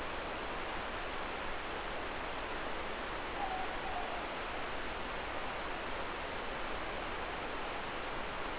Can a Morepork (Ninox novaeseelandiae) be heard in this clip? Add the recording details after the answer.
yes. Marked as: faintness 3/5. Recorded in New Zealand. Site Eglinton